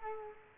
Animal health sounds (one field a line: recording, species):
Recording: mosquito wingbeat signal from an infrared sensor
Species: Culex quinquefasciatus